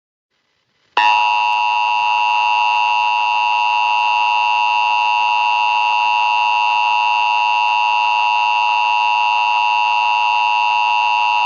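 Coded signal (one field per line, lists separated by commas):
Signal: Emergency Alert System (SAME) tones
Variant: 853 and 960 Hz attention tone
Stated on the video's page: Recreated, not real, Utah statewide coronavirus EAS alert with an added effect.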